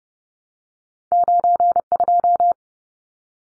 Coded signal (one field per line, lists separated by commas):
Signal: Morse code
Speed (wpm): 30 wpm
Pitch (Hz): 700 Hz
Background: none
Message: 92